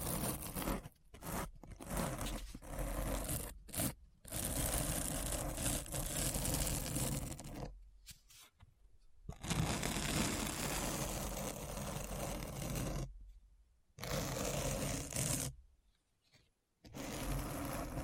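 Deep Brain Scratch: dense, gritty scraping noise that fills everything from low rumble to hiss, cut up by abrupt dropouts into silence. Short gaps stutter through the first four seconds, then longer breaks near 8, 13 and 16 seconds before the roar snaps back.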